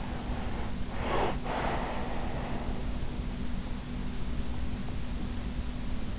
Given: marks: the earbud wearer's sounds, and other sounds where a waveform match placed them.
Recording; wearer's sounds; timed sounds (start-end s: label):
sounds in sleep by an in-ear microphone; breath
0.10-3.01 s: breath